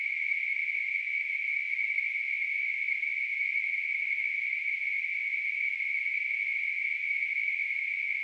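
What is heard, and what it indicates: Simulated tinnitus: a steady, continuous hissing band of noise centred around 2 kHz, unchanging in pitch and loudness throughout.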